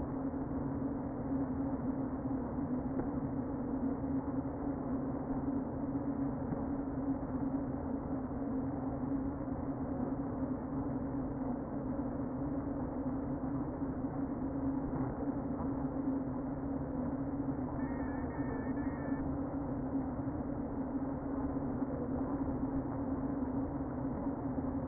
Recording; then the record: honeybee colony, microphone inside the hive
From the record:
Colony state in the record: queen present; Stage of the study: before two queens were removed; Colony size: about 60,000 bees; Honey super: yes